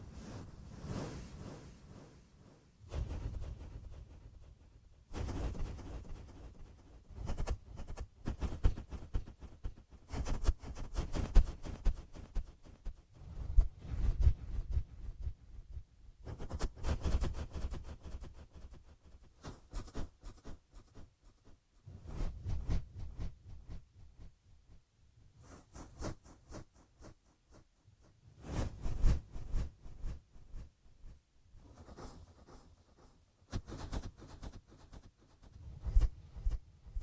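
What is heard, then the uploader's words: Ear massage sounds: bursts of rubbing and rustling against the microphone, each lasting a few seconds, separated by brief near-silent pauses. The rubbing carries a soft low thump underneath and a hissy brush on top, with occasional sharper pops and scrapes. ASMR Echoed Triggers. Ear Massage.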